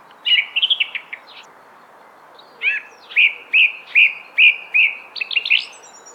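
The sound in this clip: Thrush song: clear whistled phrases near high pitch, a quick chattering opening, then a series of repeated slurred notes about two to three per second, ending in a rising flourish.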